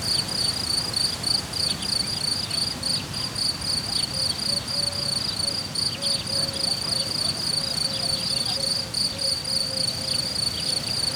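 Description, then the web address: Cricket song, a fast high pulsing trill throughout, with faint whistled notes in the second half. Cricket recorded in nature at Hortobágy in 2014, described as idyllic; an insect landed on the left microphone. "allathangok termeszetben tucsok professzionalis 2014 idilli balmikrofonraraszallorovar hortobagy"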